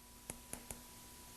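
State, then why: Torque reached. A micrometer spindle is closed on the part using the ratchet stop on the end of the thimble, which slips once the set measuring pressure is reached. Three light, sharp clicks are heard at 0.3, 0.5 and 0.7 seconds over a quiet background hum. The ratchet confirms the correct measuring pressure.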